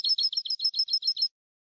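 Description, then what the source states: European goldfinch giving a short burst of rapid, high twittering notes in even rhythm, then silence. Clean goldfinch song on a CD for birds to copy.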